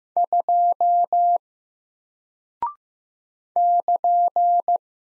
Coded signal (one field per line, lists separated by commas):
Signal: Morse code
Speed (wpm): 15 wpm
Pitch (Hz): 700 Hz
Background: none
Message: 2 <KN>